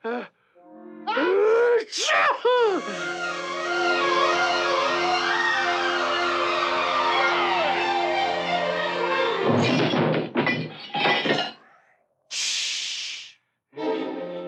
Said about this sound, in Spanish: A buena hora se te ocurre estornudar. No puedo evitarlo.